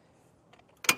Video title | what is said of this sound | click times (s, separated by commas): etrailer - A Closer Look at the Thule Epos Bike Rack on a 2023 Subaru Outback Wagon | As you can see, I can do this with one arm until it clicks back into place. | 0.8 s, 0.9 s